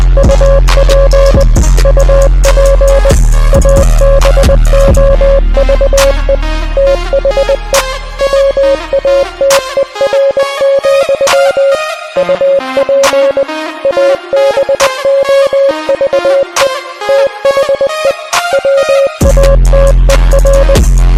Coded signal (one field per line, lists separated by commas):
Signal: Morse code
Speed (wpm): 20 wpm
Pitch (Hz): 550 Hz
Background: music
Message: UP UP ABOVE THE WATER, UP ABOVE THE WATER